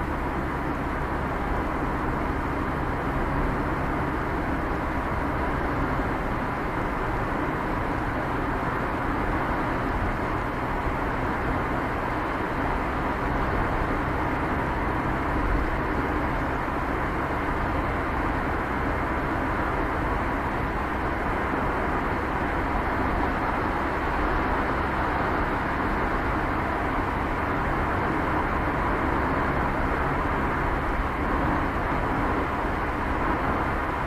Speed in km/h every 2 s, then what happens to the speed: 60, 62, 60, 58, 59, 58, 58, 57, 58, 55, 55, 55, 54, 54, 55, 56, 54.
0-34 slows to 54.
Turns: none.